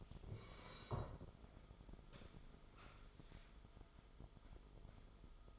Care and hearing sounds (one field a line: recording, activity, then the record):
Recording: daily activity, microphone in the room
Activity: sit down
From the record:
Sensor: 5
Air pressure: 1005.5 hPa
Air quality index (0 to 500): 104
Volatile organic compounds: 2 ppm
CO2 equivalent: 1276 ppm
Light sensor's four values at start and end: 34/78/31/29 and 34/78/31/29